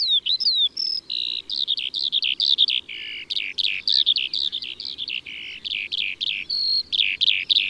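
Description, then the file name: Eurasian skylark song: a continuous, rapid flow of varied chirps, trills and whistled notes, changing constantly without pause. Recorded in March. "Mars Lalouette des champs"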